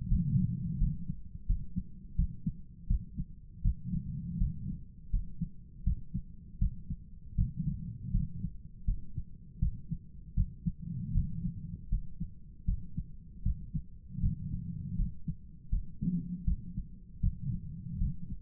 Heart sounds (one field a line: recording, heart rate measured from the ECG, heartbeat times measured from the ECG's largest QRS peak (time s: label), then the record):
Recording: heart sounds by stethoscope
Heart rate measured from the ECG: 80 bpm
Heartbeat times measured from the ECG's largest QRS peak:
0.08 s: heartbeat
0.78 s: heartbeat
1.46 s: heartbeat
2.16 s: heartbeat
2.87 s: heartbeat
3.62 s: heartbeat
4.38 s: heartbeat
5.10 s: heartbeat
5.84 s: heartbeat
6.59 s: heartbeat
7.35 s: heartbeat
8.11 s: heartbeat
8.85 s: heartbeat
9.59 s: heartbeat
10.34 s: heartbeat
11.12 s: heartbeat
11.89 s: heartbeat
12.65 s: heartbeat
13.43 s: heartbeat
14.20 s: heartbeat
14.96 s: heartbeat
15.69 s: heartbeat
16.44 s: heartbeat
17.20 s: heartbeat
17.98 s: heartbeat
From the record:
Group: healthy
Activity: rest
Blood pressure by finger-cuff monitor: 112/72 mmHg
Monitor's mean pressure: 86 mmHg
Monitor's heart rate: 80 bpm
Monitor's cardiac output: 8 L/min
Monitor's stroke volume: 98 mL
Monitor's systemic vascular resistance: 780 dyn s/cm5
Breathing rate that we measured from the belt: 18 breaths a minute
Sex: male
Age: 57 years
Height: 188 cm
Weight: 106 kg